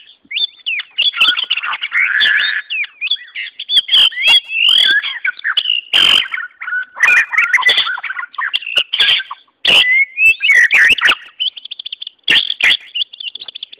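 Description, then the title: White-rumped Shama song, a varied run of rich whistles and chattering notes with sharp clicks and buzzy phrases, delivered rapidly with short pauses between bursts. "murai batu"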